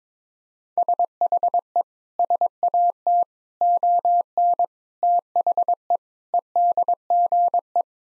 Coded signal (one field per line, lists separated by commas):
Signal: Morse code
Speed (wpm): 22 wpm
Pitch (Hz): 700 Hz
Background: none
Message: SHE SAT ON THE EDGE